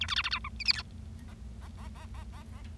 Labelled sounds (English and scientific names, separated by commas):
Bengalese Finch (Lonchura striata domestica) song